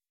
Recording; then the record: hydrophone in a shrimp aquaculture tank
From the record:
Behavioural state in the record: weakened